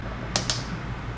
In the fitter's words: you hear that click that's exactly what you want to hear